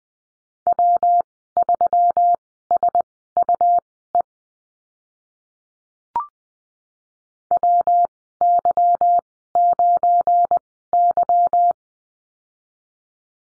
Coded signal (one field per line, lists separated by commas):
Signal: Morse code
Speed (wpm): 20 wpm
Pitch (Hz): 700 Hz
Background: none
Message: W3SUE WY9Y